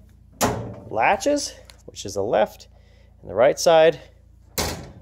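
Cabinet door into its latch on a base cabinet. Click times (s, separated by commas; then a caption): 4.6 s. The right-side door of an assembled metal garage base cabinet is closed into its latch. Someone talks first, then at 4.6 s the door latches shut with a loud closing thunk.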